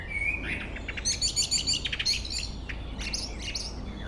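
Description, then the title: Common blackbird singing: a brief fluty whistle, then a burst of rapid high twittering and clicking notes, with steady low noise underneath. Local blackbird singing, recorded at Chindrieux, France. "Chemin des cris, Chindrieux, France - Merle"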